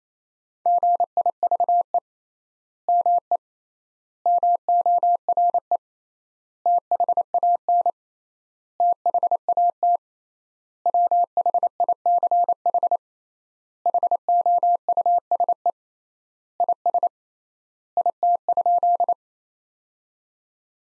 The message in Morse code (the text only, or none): GIVE ME MORE THAN THAT WHICH HOUSE IS IT?